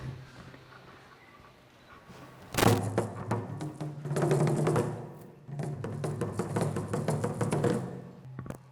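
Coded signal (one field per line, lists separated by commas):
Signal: talking drum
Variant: Akan drum language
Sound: about two seconds of near silence, then rapid resonant drum strokes in flowing phrases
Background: low electrical hum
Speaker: I would like to speak to you in the drum language.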